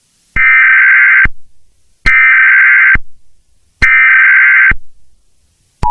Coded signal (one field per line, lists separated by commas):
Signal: Emergency Alert System (SAME) tones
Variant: header bursts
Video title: EAS Scenario: Unexpected Global Terrorism